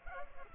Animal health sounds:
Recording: mosquito wingbeat signal from an infrared sensor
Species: Culex pipiens

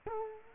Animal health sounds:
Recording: mosquito wingbeat signal from an infrared sensor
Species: Culex quinquefasciatus

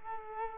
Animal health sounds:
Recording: mosquito wingbeat signal from an infrared sensor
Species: Culex quinquefasciatus

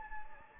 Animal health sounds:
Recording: mosquito wingbeat signal from an infrared sensor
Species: Anopheles gambiae

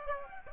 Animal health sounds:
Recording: mosquito wingbeat signal from an infrared sensor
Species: Aedes aegypti

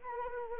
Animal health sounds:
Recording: mosquito wingbeat signal from an infrared sensor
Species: Anopheles arabiensis

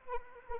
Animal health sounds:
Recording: mosquito wingbeat signal from an infrared sensor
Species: Anopheles arabiensis

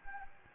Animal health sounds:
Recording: mosquito wingbeat signal from an infrared sensor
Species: Anopheles gambiae

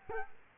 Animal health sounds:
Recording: mosquito wingbeat signal from an infrared sensor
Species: Culex quinquefasciatus

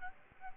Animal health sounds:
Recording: mosquito wingbeat signal from an infrared sensor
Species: Aedes albopictus

